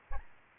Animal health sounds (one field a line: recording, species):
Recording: mosquito wingbeat signal from an infrared sensor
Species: Aedes albopictus